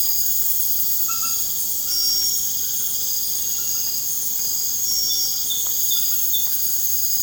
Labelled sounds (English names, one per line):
none